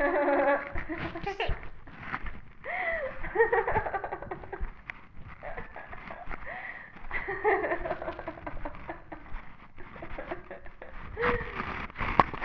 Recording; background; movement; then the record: laughter; quiet; walking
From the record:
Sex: female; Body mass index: 18.3 kg/m2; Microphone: on the chest, facing the body